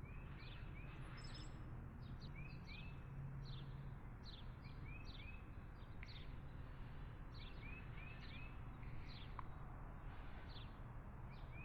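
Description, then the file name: Birds chirping with quick upslurred notes and sharp ticks, repeated at intervals, against continuous low road traffic noise. Outdoor ambience with passing cars. "Outside Ambience With Birds And Cars"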